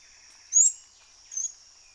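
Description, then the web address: Orinoco piculet call: two thin, very high squeaky notes less than a second apart, the first louder, over a constant high insect drone. "sound Orinoco-piculet. دانلود-صدای-پرنده-دارشکنک-اورینوکو"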